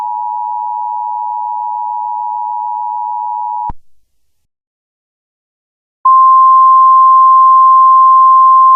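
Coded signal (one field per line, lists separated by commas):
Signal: Emergency Alert System (SAME) tones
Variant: 853 and 960 Hz attention tone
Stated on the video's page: Recreated Emergency Alert System flash flood warning for Kansas.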